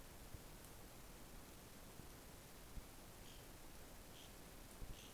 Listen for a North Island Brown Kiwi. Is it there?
no